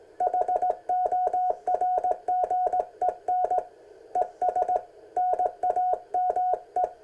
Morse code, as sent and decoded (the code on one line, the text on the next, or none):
.... --- .-. --. . -. / . ... / -. .- -- .
HORGEN ES NAME